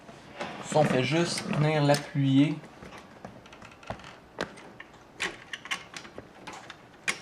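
Someone talks, then there is light handling of a CPU cooler's first corner push-pin as it is brought to its mounting hole in the motherboard, with several small taps and clicks from about 4.4 s onward. Nothing has seated or clicked in yet by the end.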